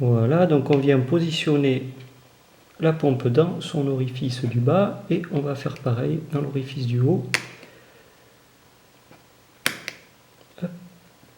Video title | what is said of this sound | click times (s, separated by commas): COMMENT CHANGER VOUS-MÊME LE BRACELET DE VOTRE MONTRE? Exemple avec une CASIO SGW500H. | voilà je sais pas si vous avez entendu le petit clic ses longues alors preniez pas | 9.7 s